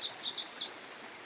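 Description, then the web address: Yellow Warbler song fragment: several rapid, high, wavering notes in under a second, then soft steady hiss. Recorded beside a stream. "Dan Gibson Songbirds By The Stream. Yellow Warbler"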